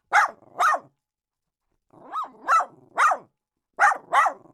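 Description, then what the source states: Small dog giving quick high-pitched yaps in pairs and short bursts, separated by brief silent pauses. Small dog barking.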